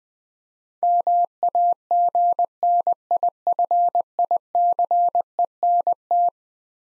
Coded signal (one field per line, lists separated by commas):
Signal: Morse code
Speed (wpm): 21 wpm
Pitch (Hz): 700 Hz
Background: none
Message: MAGNIFICENT